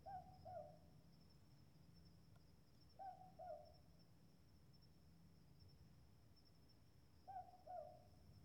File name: Boobook Owl Mopoke